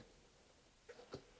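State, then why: Not seated. A rubber RC car tire is pushed into its wheel rim and the rubber is pulled up to work the bead toward its seat. Faint handling noise gives way to a few short rubbery bumps around 0.9 s and 1.0 s and a sharper knock near 1.1 s. Nothing has seated or clicked yet.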